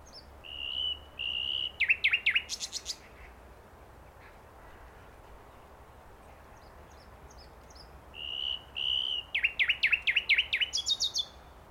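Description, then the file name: Common nightingale singing two phrases separated by a pause, each with held whistled notes, a burst of sharp slurred notes and a high buzzy ending. "Luscinia megarhynchos"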